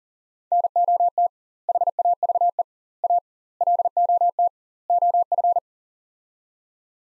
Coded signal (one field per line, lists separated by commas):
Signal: Morse code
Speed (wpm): 40 wpm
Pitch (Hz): 700 Hz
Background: none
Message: NOT HAVE A LOT OF